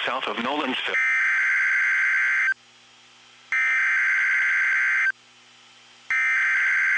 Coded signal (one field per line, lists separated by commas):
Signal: Emergency Alert System (SAME) tones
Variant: header bursts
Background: speech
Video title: (ONCE AGAIN CAPTURED FROM LIVESTREAM) WOAH ANOTHER SVR!!!! EAS #21